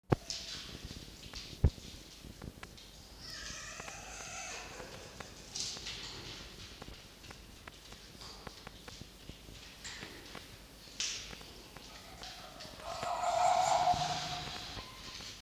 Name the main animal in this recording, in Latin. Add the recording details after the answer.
Vulpes vulpes. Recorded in captivity. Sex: male. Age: adult. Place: Zoologisches Institut der HUB, Berlin, DE. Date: 1953-02-27 18:25. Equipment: Elmetra. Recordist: Tembrock, Günter. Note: Jupp (mit Blick auf Fiffi): Ranzwinseln - Muffen (ohne Fleisch) - Ranzbellen